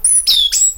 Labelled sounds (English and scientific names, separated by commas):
Stitchbird (Notiomystis cincta) song